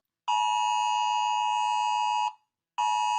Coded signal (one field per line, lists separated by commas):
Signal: Emergency Alert System (SAME) tones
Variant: 853 and 960 Hz attention tone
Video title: Rating EAS Alarms Part 6: Classic Edition